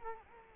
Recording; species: mosquito wingbeat signal from an infrared sensor; Culex quinquefasciatus